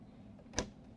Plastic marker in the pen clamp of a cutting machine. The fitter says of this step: like so and once you hear the click and you do not see your triangle anymore you